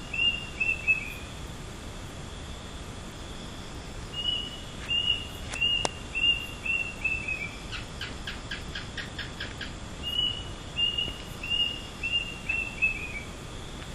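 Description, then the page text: Bird giving high, clipped whistled notes in quick pairs and short runs, with a brief burst of rapid dry clicks partway through and steady background hiss. Unidentified bird calling at midnight in Penang, stopping at exactly 4:30 am; recorded on a voice recorder; a newt's 'kek-kek-kek' calls included. "真夜中に鳴くなぞの鳥. ゴーデンどんぶり＠ペナン"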